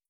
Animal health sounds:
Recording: hydrophone in a shrimp aquaculture tank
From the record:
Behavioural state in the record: feeding

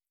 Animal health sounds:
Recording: hydrophone in a shrimp aquaculture tank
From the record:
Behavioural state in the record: stressed

